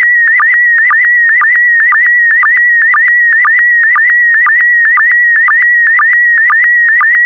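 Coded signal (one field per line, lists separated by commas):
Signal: SSTV (slow-scan television)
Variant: PD120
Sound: steady warbling tone around 1.9 kHz with a short low blip twice a second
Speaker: the next image transmission will start in 10 seconds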